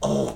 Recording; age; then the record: pig call; piglet (1 to 25 days)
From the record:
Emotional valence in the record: negative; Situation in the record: restrain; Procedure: in the arms of a person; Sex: male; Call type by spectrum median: low-frequency call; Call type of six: low-frequency stable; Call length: 0.36 s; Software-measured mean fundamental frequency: 66 Hz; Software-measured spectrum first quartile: 263 Hz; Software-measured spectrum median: 511 Hz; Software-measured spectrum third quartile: 894 Hz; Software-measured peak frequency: 612 Hz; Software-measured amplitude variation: 124 dB a second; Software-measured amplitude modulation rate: 20.5 a second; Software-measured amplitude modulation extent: 6.0 dB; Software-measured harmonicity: 1.0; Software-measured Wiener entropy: -0.71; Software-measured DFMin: 983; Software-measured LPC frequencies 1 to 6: 565, 3218, 5621, 6261, 7313, 8394 Hz